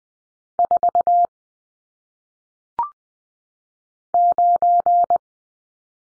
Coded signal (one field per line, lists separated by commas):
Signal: Morse code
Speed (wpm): 20 wpm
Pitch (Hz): 700 Hz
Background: none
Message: 4 9